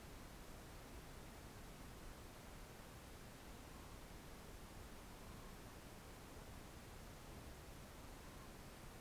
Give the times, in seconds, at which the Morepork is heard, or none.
3.51-4.01, 5.12-5.70, 7.96-8.52